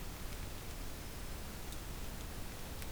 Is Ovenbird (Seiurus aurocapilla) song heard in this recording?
no